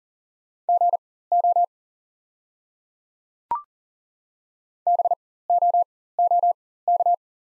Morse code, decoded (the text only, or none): GO BOOK